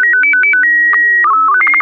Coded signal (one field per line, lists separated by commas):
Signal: SSTV (slow-scan television)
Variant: Robot BW 8